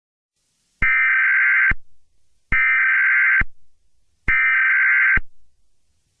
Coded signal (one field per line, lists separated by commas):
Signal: Emergency Alert System (SAME) tones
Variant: header bursts